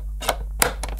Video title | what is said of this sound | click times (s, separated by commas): Vax Power Reach Handheld Vacuum Cleaner Unboxing & Demonstration | and clicks into place so i'll just uh undo the ties on the cable looks like it's a | 0.6 s